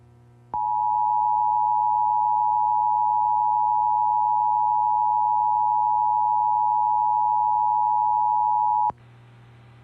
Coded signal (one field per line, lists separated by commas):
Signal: Emergency Alert System (SAME) tones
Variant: 853 and 960 Hz attention tone